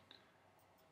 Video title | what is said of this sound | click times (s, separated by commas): Setting Up Your New Pepwave! | we heard the click now we can replace our dust cover | 0.1 s